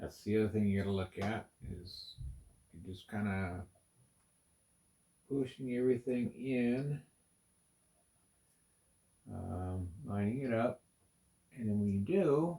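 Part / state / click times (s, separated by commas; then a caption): plastic building piece into a brick model tower / not seated / none. A plastic building piece is lined up and positioned on a brick model tower before being pushed home. Someone talks in bursts over quiet handling, with long near-silent gaps between phrases. Nothing has clicked or snapped in yet.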